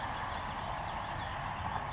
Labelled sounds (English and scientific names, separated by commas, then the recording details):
California Towhee (Melozone crissalis)
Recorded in Sonoma County, California